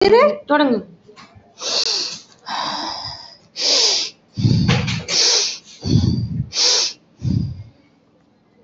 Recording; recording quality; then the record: shallow breathing; excellent, no background noise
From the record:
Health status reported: healthy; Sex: female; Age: 25 years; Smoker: no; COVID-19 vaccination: both doses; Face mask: worn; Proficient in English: yes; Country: India